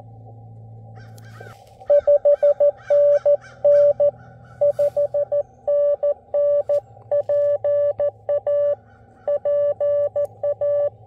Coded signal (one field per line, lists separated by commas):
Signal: Morse code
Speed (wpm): 17 wpm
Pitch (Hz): 580 Hz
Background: none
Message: 5NN 5NNPA PA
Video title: FX-4CR POTA